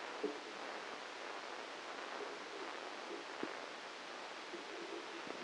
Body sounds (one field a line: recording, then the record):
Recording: brain microelectrode recording played as sound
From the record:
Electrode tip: outside the subthalamic nucleus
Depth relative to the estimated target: 4 mm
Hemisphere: left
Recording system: NeuroSet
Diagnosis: Parkinson's disease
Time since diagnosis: 9 years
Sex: male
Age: 56 years